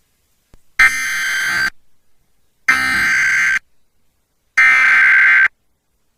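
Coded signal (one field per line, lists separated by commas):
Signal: Emergency Alert System (SAME) tones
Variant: header bursts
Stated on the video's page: EAS Severe Thunderstorm Warning for Laredo, Texas, with valid EAS tones captured from three FM stations.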